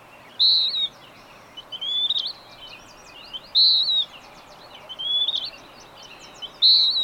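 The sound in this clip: Bird song: clear high whistled notes alternating with softer slurred phrases, backed by faint chirping and steady hiss.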